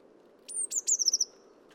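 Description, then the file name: Eurasian blue tit gives one high, thin descending note followed by a quick trill of short scratchy notes, with a soft low background rumble. "Cyanistes caeruleus"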